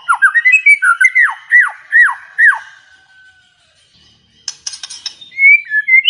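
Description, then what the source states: White-rumped shama song: loud repeated downslurred whistles about every half second, then a harsh rattling burst and sweet whistled notes. Lure sound of a chatty singing shama, meant to make another bird respond and sing.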